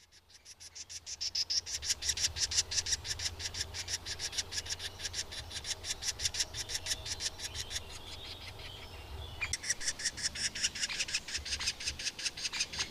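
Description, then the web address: Middle spotted woodpecker calling in a long fast run of harsh repeated notes, about three per second, over a low background hum. "agykontroll Madardalok Cd 1. Közép fakopáncs"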